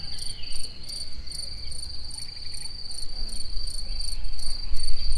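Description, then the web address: Cricket gives a continuous high, pulsing trill over a low outdoor rumble. Outdoors in nature. "tucsok. madarakis egerturistahaz"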